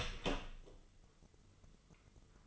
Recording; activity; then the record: daily activity, microphone in the room; open door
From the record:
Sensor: 4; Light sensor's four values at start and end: 18/43/17/17 and 18/42/17/17